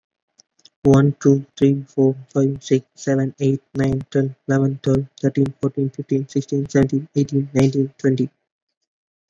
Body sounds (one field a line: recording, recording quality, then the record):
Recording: counting at a fast pace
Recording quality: excellent, no background noise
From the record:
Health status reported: recovered from COVID-19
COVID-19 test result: negative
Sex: male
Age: 24 years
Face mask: worn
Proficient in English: yes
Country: India